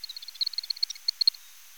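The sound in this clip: Bat calls, a rapid series of short high clicks and ticks, steady and then thinning out near the end.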